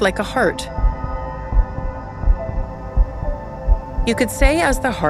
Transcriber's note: sound effect of heart pumping in background